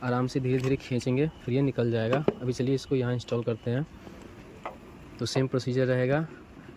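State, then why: Not seated. Someone talks while a 2-pin wiring connector is handled at the electrical unit of a Bajaj Pulsar 150 motorcycle, with a brief sharp tap at about 4.7 s during a pause in the speech. The connector has not seated or clicked yet.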